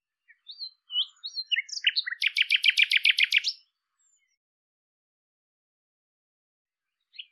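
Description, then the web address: Bird calling: a few short chirps, then a fast, even, buzzy trill of repeated notes lasting about a second and a half, followed by silence and one faint note. "cianscape birddata Deverinetal 2025"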